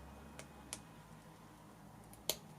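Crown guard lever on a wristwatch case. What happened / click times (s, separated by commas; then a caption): The small metal lever popped open / 2.3 s. A hinged metal crown-protection lever on a steel wristwatch case is flipped open to free the crown. A few faint ticks come first, then the lever gives a sharp, bright pop at 2.3 seconds. The crown guard is released open.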